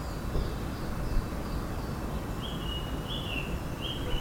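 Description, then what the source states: Bird song: a short run of soft, slurred whistled notes in the second half, repeated about every half second over a steady low rumble of traffic. Recorded in Blackheath.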